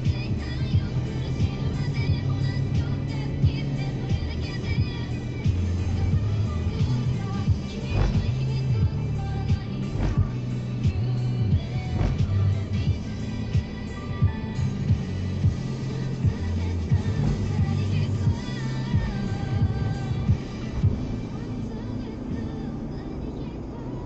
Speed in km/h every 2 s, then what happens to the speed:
55, 57, 55, 54, 54, 55, 55, 56, 59, 65, 66, 68.
0-13 steady at about 55. 13-24 speeds up to 68.